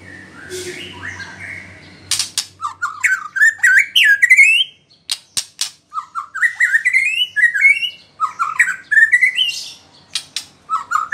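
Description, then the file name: White-rumped shama song, sharp clicks then quick rising whistled phrases repeated in bursts, with brief low noise at the start. Female bird. "murai batu betina"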